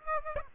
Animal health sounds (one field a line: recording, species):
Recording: mosquito wingbeat signal from an infrared sensor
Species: Aedes aegypti